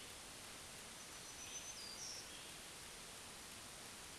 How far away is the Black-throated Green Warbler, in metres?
about 75 m